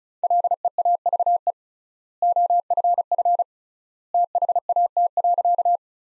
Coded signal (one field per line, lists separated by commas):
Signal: Morse code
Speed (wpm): 34 wpm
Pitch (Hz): 700 Hz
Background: none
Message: LEAVE OFF THAT.